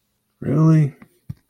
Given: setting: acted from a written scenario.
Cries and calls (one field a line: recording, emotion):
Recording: vocal sound without words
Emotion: disappointment